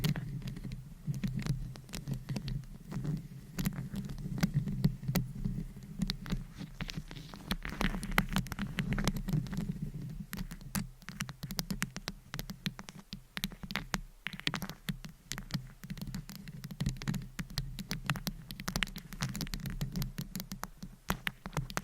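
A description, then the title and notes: Fingers tap and scratch right on a microphone in a fast, dense patter of sharp, crisp clicks, irregular but nearly continuous across the whole stretch. A low, muffled rumble of handling thumps sits underneath. A brief lull comes around the fourteen-second mark. ASMR Tingly Mic Tapping & Scratching to Help You Fall Asleep No Talking.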